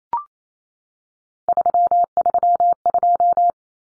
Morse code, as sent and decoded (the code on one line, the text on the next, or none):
...-- ...-- ..---
332